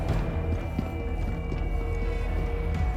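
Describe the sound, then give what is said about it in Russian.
Several people's footsteps, Loki and Valkyrie with six guards walking to the Grandmaster, click steadily across a mirrored floor, a brisk, overlapping rhythm of sharp taps over a low, constant droning hum, with no voices. “Локи и Валькирия в сопровождении 6 охранников идут по зеркальному полу к Грандмастеру.”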